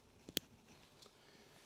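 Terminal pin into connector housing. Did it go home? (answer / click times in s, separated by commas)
yes / 0.4 s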